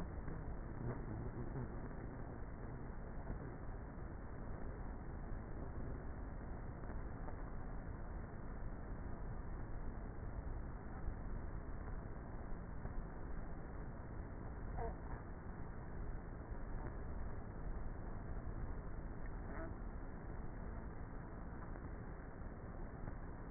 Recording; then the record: honeybee colony, microphone inside the hive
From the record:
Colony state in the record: queenless with a low population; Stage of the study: before two queens were removed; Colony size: about 30,000 bees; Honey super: no